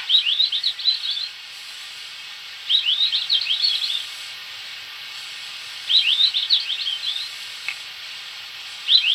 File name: golden bush robin